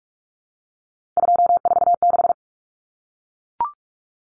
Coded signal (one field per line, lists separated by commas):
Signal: Morse code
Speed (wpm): 44 wpm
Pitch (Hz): 700 Hz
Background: none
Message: 246